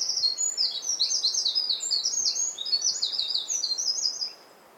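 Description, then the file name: Eurasian wren song: energetic high trills and rattles pouring out continuously, then cutting off just before the end. "Troglodytes troglodytes"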